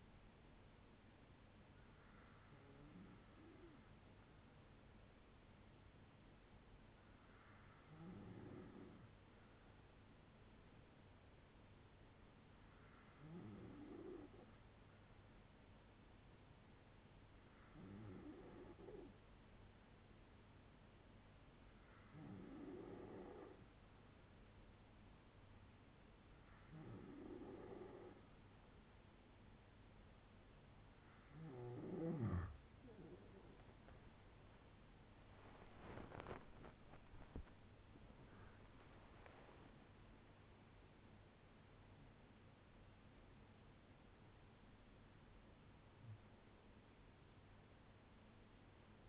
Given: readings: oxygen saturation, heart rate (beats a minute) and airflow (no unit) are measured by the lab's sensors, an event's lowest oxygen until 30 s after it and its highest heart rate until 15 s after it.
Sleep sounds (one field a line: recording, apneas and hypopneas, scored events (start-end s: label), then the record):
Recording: breathing in sleep by a voice recorder at the bedside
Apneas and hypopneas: 1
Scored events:
3.00-34.20 s: hypopnea (N2, oxygen 96% highest, then 94% lowest, heart rate 62 at the start, 86 highest)
From the record:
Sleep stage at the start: N2 (light sleep)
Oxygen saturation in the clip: 94 to 96%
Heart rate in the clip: 60 to 86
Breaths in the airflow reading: 10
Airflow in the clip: -13.9 to 14.0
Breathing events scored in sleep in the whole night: 182 in 7.4 hours asleep